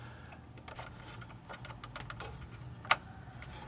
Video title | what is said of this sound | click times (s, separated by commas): 60,000 Mile (2018-2026) F150 Full Service: Oil, Transmission & Differential Fluid | You just want to stick it in, push in, turn it until you hear that click. | 2.9 s